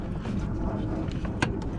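A spark plug wire boot is pushed fully home onto a spark plug or coil during a spark plug, ignition coil and wire replacement on a 2007-2014 Cadillac Escalade 6.2L. Over a steady low rumble with a few faint taps, it seats with a sharp click at 1.4 s, confirmed as all the way in.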